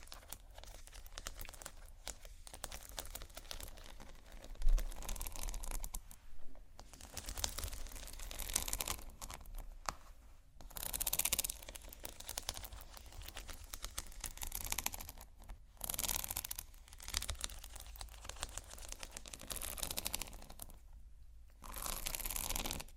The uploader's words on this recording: ASMR Slow Scratching & Tapping on Textures (No Talking).